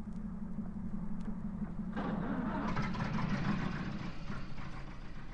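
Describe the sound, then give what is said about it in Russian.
A car engine rumbles at a low, steady idle, then revs up loudly about two seconds in and keeps roaring as the vehicle pulls away. No voices. “Ну, в машину. Поехали!”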